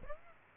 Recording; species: mosquito wingbeat signal from an infrared sensor; Aedes albopictus